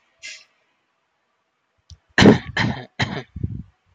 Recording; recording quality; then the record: shallow voluntary cough; excellent, no background noise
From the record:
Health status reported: healthy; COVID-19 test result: not tested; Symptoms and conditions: none ticked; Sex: male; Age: 26 years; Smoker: not ticked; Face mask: not worn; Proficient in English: yes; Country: India